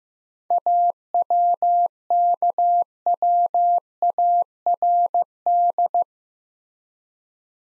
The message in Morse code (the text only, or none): AWKWARD